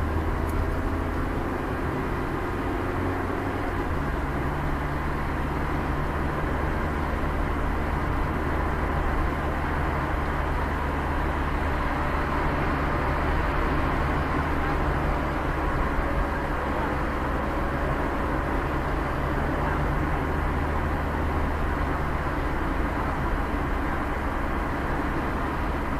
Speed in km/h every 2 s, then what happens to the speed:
31, 31, 31, 32, 31, 31, 34, 35, 34, 36, 35, 30, 18.
0-19 steady at about 31. 19-26 slows to 18.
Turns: none.